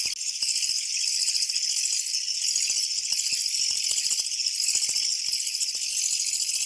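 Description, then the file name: Japanese katydid rattling without pause, a harsh shimmering buzz held steady across the whole stretch. "kutuwamushi"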